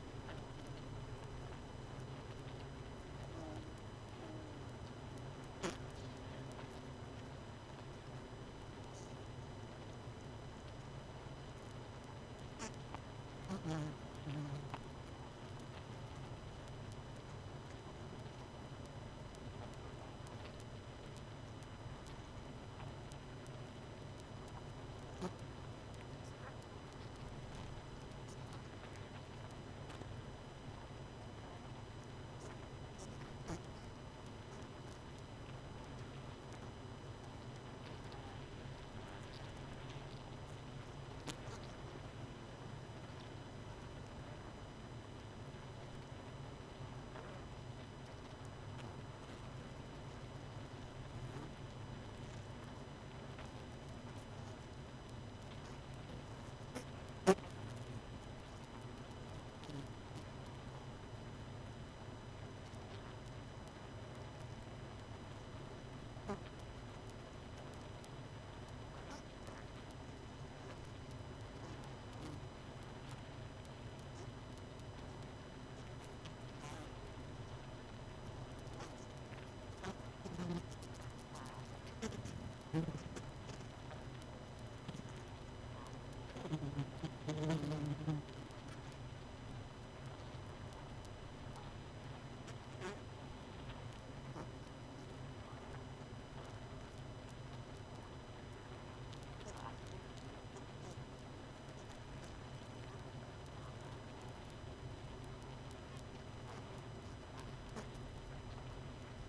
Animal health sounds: honeybee colony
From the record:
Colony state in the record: missing queen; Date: 31 May 2018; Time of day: 22:35

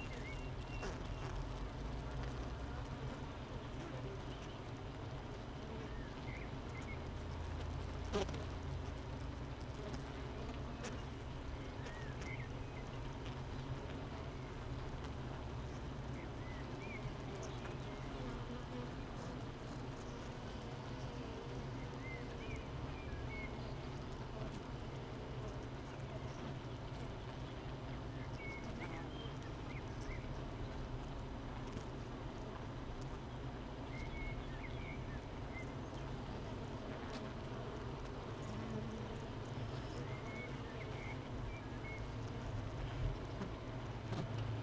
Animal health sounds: honeybee colony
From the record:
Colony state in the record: missing queen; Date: 31 May 2018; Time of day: 7:55

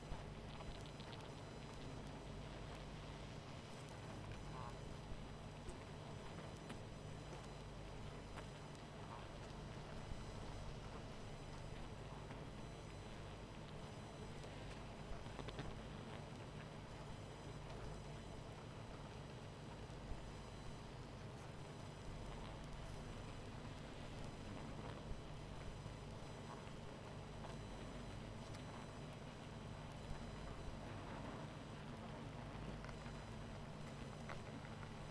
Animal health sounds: honeybee colony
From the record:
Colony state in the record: missing queen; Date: 14 July 2017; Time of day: 21:59

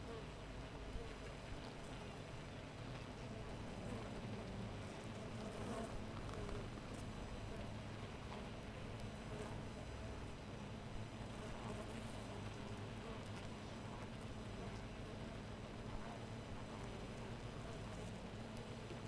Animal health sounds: honeybee colony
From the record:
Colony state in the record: missing queen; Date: 14 July 2017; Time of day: 5:20

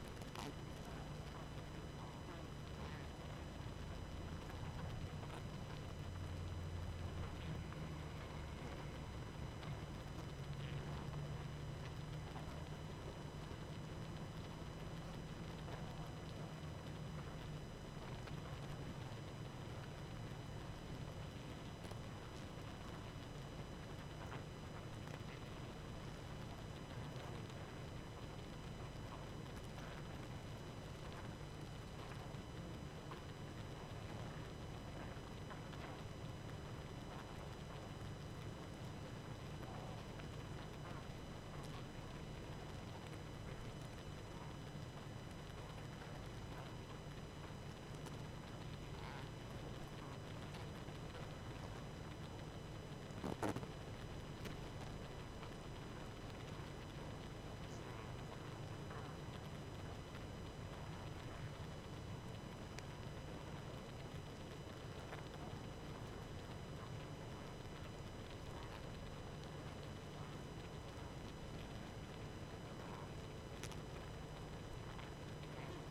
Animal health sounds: honeybee colony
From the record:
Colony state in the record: active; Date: 12 June 2018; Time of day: 23:06

